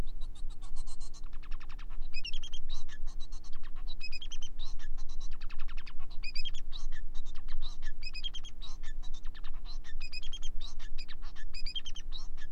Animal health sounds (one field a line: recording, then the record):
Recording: song of a male Bengalese finch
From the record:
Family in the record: son of father 4